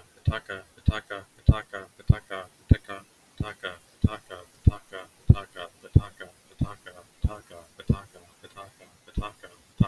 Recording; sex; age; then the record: repeated syllables /pa ta ka/; male; 20 to 29 years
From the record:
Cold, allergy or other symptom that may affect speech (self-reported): no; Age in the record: 29 years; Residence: Maryland, United States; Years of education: 15